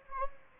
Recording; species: mosquito wingbeat signal from an infrared sensor; Anopheles gambiae